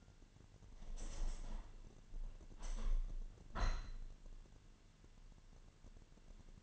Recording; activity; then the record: daily activity, microphone in the room; open window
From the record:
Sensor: 4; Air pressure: 1007.3 hPa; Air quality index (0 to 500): 196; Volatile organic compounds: 7 ppm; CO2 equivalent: 1952 ppm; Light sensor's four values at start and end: 23/73/28/27 and 23/73/28/27